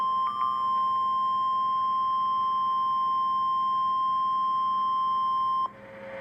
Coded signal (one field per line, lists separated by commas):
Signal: Emergency Alert System (SAME) tones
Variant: 1050 Hz attention tone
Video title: EAS Compilation: Oklahoma/Arkansas Severe Weather...and More! | NOAA Weather Radio (4/13/2014)